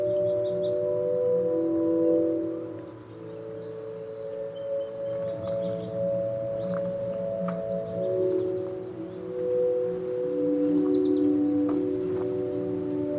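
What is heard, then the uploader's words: At Patagonia Lake State Park in southeast Arizona, a steady, humming drone of low, ringing tones fills the whole recording, its pitches slowly shifting. Short bursts of high, twittering bird calls come every couple of seconds, with a few faint clicks near the middle. Patagonia Lake State Park in SE Arizona.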